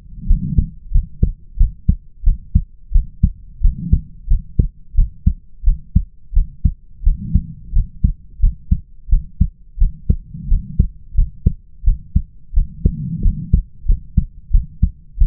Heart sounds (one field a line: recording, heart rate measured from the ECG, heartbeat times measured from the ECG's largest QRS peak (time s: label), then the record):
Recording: heart sounds by stethoscope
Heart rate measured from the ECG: 89 bpm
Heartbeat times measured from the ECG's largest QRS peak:
0.27 s: heartbeat
0.92 s: heartbeat
1.57 s: heartbeat
2.24 s: heartbeat
2.92 s: heartbeat
3.61 s: heartbeat
4.28 s: heartbeat
4.95 s: heartbeat
5.64 s: heartbeat
6.34 s: heartbeat
7.04 s: heartbeat
7.73 s: heartbeat
8.40 s: heartbeat
9.09 s: heartbeat
9.78 s: heartbeat
10.48 s: heartbeat
11.15 s: heartbeat
11.84 s: heartbeat
12.54 s: heartbeat
13.22 s: heartbeat
13.86 s: heartbeat
14.51 s: heartbeat
15.18 s: heartbeat
From the record:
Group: healthy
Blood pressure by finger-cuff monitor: 99/57 mmHg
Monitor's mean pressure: 69 mmHg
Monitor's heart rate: 87 bpm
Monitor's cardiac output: 7.6 L/min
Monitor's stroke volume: 86 mL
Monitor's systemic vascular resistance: 650 dyn s/cm5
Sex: female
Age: 22 years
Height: 157 cm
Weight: 47.6 kg